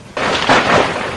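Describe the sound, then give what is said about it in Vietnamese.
A sudden crack of thunder bursts in and rolls on as a loud, broad rumble, swelling twice before holding steady, with no voices present. “Hung khí trong tay rơi theo tiếng sấm”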